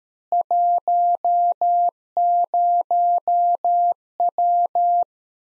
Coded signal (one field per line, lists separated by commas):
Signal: Morse code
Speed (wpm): 13 wpm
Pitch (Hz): 700 Hz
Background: none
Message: 10W